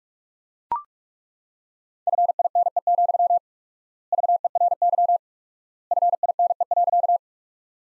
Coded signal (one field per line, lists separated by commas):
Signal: Morse code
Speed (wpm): 41 wpm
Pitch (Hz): 700 Hz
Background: none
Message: FINE, VERY FINE.